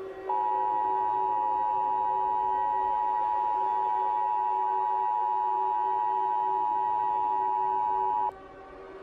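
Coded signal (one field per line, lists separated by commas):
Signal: Emergency Alert System (SAME) tones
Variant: 853 and 960 Hz attention tone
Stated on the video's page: Mock zombie-outbreak EAS scenario at a Super Bowl, not a real alert.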